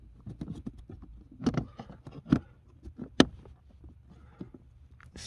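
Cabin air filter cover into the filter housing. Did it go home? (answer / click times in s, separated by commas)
no / none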